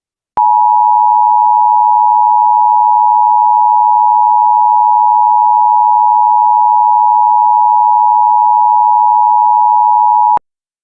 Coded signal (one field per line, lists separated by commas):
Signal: Emergency Alert System (SAME) tones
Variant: 853 and 960 Hz attention tone